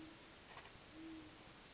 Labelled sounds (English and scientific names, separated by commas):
Great Horned Owl (Bubo virginianus)